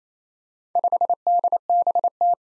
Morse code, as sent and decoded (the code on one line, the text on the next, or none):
..... -.. -... -
5DBT